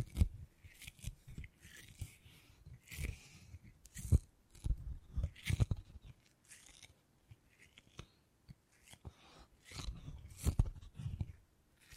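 Beeswax is pressed and squeezed in quick, irregular crunchy crackles and soft snaps, bunching together around four, six and ten seconds, with brief quiet gaps.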